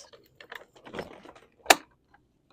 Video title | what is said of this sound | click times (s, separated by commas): TernX Travel Stroller Unboxing & First Impressions - Compact, Stylish & Ready for Adventure! | We hear that click. | 1.7 s